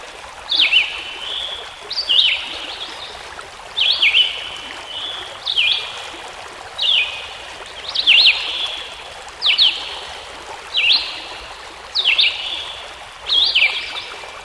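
Songbird song of quick falling whistled phrases with trailing notes, regularly repeated about every one and a half seconds beside rushing water.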